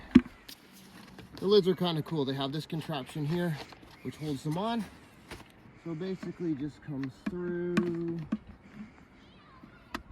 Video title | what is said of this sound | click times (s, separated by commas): Making Maple Syrup from Scratch | and then snaps back in that way you can get any rain or debris uh it doesn't end up in the buckets | 10.0 s